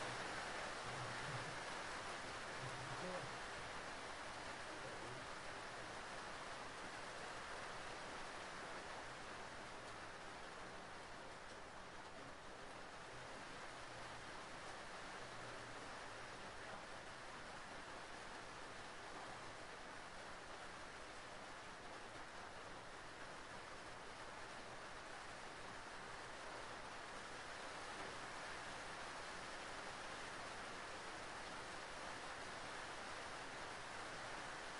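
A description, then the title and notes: Hard rain pours steadily onto a roof in a dense, unbroken hiss that barely changes over the whole stretch. A few faint low thumps sit under it in the first seconds, then the downpour simply holds its even, full level. Hard Rain: A Soothing Sound from Hitting A Roof. Hard rain sounds.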